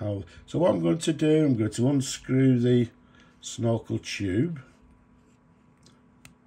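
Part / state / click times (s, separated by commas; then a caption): plunger knob in the barrel of a snorkel fountain pen / released / 6.2 s. Someone talks, then unscrews the plunger knob in the barrel of a Sheaffer Statesman Snorkel fountain pen so the snorkel tube can extend. A faint tick comes at 5.9 s, and the knob clicks free with a sharp click at 6.3 s, releasing the snorkel mechanism.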